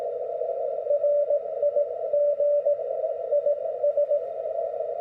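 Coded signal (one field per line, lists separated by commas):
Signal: Morse code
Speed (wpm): 18 wpm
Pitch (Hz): 580 Hz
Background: none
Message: RIG IS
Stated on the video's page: Standard CW QSO following a club QSO protocol, as a guide for new CW operators.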